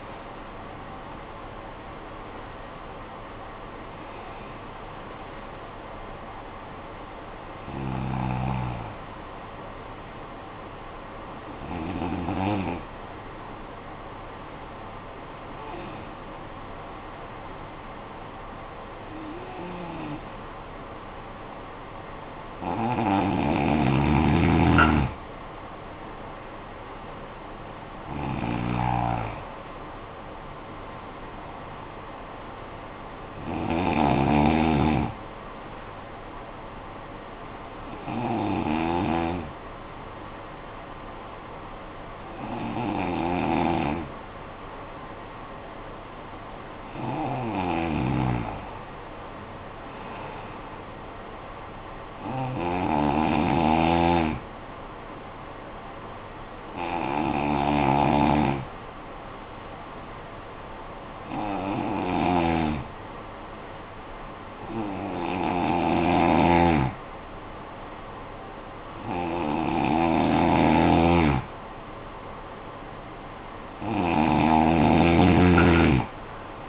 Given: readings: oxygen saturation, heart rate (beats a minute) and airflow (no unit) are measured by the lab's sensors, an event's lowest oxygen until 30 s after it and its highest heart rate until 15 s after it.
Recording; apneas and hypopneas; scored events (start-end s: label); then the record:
breathing in sleep by a voice recorder at the bedside; 3
4.00-23.70 s: hypopnea (N1, oxygen 95% highest, then 90% lowest, heart rate 51 at the start, 61 highest)
9.00-69.00 s: new sleep stage, N2 (light sleep)
38.00-48.40 s: hypopnea (N2, oxygen 94% highest, then 89% lowest, heart rate 50 at the start, 59 highest)
57.00-71.60 s: hypopnea (N2, oxygen 93% highest, then 88% lowest, heart rate 57 at the start, 80 highest)
69.00-76.69 s: new sleep stage, N1 (lightest sleep)
From the record:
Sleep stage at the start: N1 (lightest sleep); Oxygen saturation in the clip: 88 to 95%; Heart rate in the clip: 50 to 61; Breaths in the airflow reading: 18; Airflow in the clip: -11.3 to 10.7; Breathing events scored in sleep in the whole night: 445 in 7.6 hours asleep